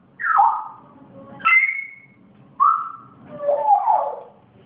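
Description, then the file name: Grey parrot producing four whistled calls, the first falling, then a bright level whistle, then a mellow level note and a wavering ending, about a second apart. Pet grey parrot; its first sounds. "moy zoro zhako popugay pervye zvuki"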